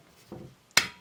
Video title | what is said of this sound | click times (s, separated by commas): Steyr LG110 service rebuild | That's what we want, a nice click. | 0.8 s